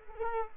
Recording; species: mosquito wingbeat signal from an infrared sensor; Culex quinquefasciatus